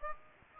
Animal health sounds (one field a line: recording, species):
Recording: mosquito wingbeat signal from an infrared sensor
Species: Aedes aegypti